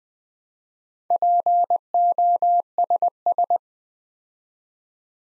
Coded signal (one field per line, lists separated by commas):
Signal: Morse code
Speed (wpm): 20 wpm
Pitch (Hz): 700 Hz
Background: none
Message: POSS